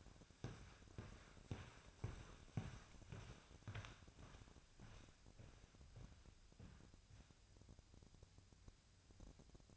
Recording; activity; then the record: daily activity, microphone in the room; walk to room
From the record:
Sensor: 2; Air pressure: 999.2 hPa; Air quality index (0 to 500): 192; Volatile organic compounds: 25 ppm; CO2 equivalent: 2845 ppm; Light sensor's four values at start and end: 7/17/7/7 and 7/17/7/7